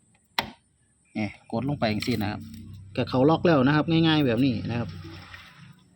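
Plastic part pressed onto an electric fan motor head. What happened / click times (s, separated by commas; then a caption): The plastic part snapped down and locked into place / 0.4 s. After greasing, a plastic part is pressed down by hand onto an electric fan's motor head and snaps into place with a sharp click at 0.4 s, locking in. Someone then talks.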